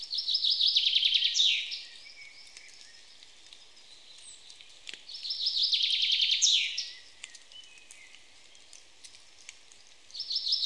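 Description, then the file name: Common chaffinch song, a fast rattle of bright notes ending in a flourish, given twice, with a third song starting at the end. "Fringilla coelebs"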